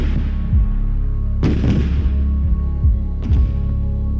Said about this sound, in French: Fréquemment, on entend le grondement des canons au loin.